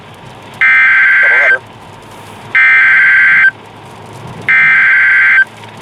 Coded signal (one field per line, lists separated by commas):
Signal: Emergency Alert System (SAME) tones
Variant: header bursts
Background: speech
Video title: Quintuple Header Included! - EAS Alerts from 4/2/2024 (EAS #196-221)